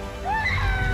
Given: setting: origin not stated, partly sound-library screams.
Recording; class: one-second piece from a danger detection set; woman in danger